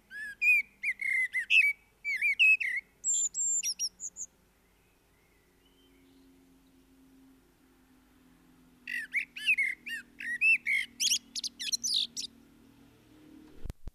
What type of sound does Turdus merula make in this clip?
song